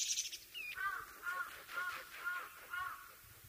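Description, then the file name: Taiwan barwing calling: a hiss-like high burst, then five short, lower notes repeated about every half second. "紋翼畫眉"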